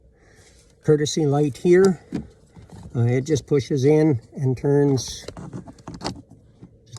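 Someone talks while a courtesy light is pushed into the dash insulation panel of a 2013 Chevrolet Impala and given a quarter turn, during a heater motor replacement. A sharp click at 6.1 s marks the light locking into place, seated in the panel.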